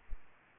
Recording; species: mosquito wingbeat signal from an infrared sensor; Aedes aegypti